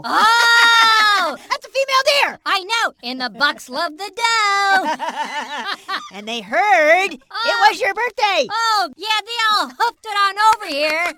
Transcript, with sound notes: Oh!
That's a female deer!
I know, and the bucks love the doe!
*laughing* And they herd, it was your birthday!
Oh, yeah, they all hoofed on over here!